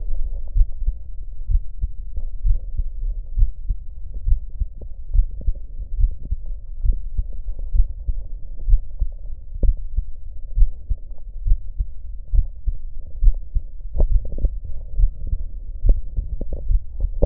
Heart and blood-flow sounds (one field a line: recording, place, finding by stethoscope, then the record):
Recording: heart sounds by stethoscope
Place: mitral valve (MV)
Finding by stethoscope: normal heart sounds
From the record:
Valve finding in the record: normal valve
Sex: male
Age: 56 years